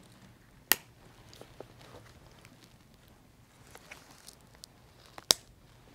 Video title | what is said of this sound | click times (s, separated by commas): Breg T Scope Premier применение | make sure to push these clips all the way down until you hear a click which will mean it is now locked | 5.3 s